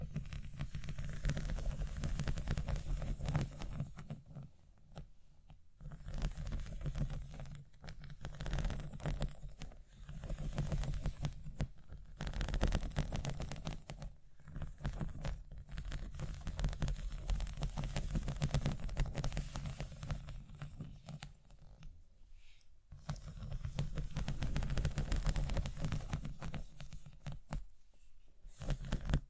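Scratching sounds run in dense, rough bursts for most of the half minute, with a strong low rumble underneath and crisp high scraping on top. Short pauses break the scratching near 5, 14, 22 and 27 seconds before it resumes at similar strength.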